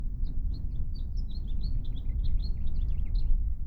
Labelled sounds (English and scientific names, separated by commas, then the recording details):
House Finch (Haemorhous mexicanus) song
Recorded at Atlantic Beach West on Long Island, New York, on 2 June 1975
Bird C